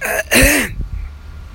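Two quick, harsh bursts in under a second, the second louder with a voiced, throat-clearing tail, then quiet room noise. An adult man deliberately imitates a single cough, and it sounds close to throat clearing.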